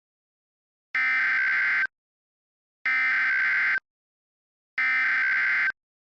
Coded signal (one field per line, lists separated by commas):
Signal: Emergency Alert System (SAME) tones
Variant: header bursts